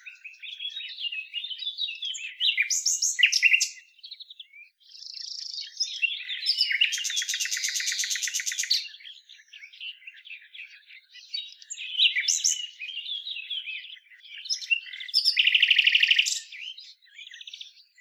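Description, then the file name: Common nightingale song, rich varied phrases with whistles, chirps and several fast loud trills, each phrase separated by short pauses. "Luscinia megarhynchos"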